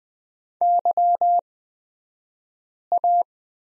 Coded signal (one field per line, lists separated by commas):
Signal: Morse code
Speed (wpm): 20 wpm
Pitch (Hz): 700 Hz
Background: none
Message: YA